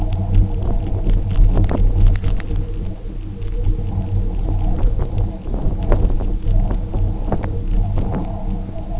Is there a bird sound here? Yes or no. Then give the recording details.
no. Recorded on Arctic tundra, site UTQI-0, on 27 June 2018. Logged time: 10:00